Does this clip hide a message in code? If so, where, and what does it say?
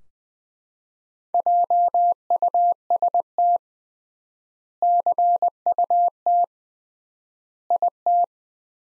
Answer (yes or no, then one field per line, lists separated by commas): yes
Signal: Morse code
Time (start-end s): 1.3-8.2 s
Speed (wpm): 20 wpm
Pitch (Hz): 700 Hz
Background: none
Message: JUST CUT IT